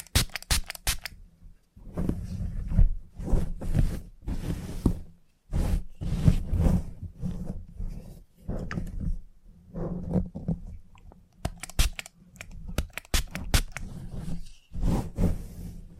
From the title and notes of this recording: ASMR Relaxing Salon Haircut Head Massage, Scissors and Clipper(No Talking).